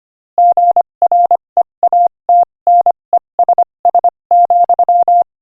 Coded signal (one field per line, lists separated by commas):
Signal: Morse code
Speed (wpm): 26 wpm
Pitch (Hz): 700 Hz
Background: none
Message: GREATNESS,